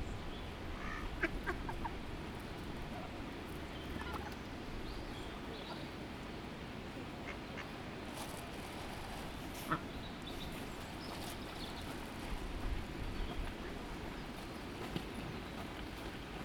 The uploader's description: Feeding the ducks, with one duck getting her way.